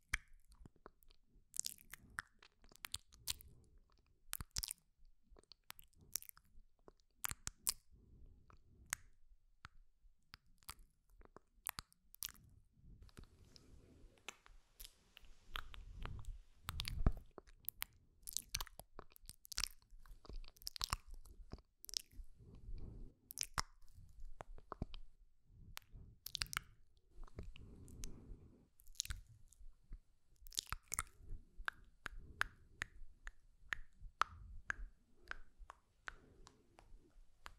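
Crisp mouth clicks and "sk" and "tk" sounds crackle in quick irregular bursts, with soft low breathy rumbles swelling underneath throughout.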